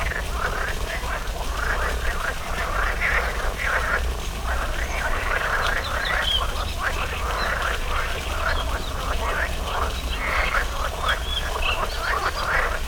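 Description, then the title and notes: Frog chorus of overlapping rasping croaks, continuous and busy, a few higher thin notes above and constant low rumble beneath. Frogs in a small pond at the Orto Botanico botanical garden, Bologna, Italy, 5 July 2018; croaking noted on spring mornings. "05.07.18 Rane allOrto Botanico. There is also a small pond populated with frogs croaking on spring mornings. Recorded by Massimo Carozzi for the Zona U sound mapping project"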